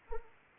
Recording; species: mosquito wingbeat signal from an infrared sensor; Anopheles arabiensis